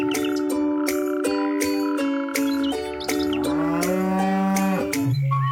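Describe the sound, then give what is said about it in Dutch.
Wild cattle moo in long, deep, drawn-out calls, one lowing note bending in pitch into the next, while birds chirp and tweet in short bursts over the top. “Deze podcast gaat over wilde koeien.”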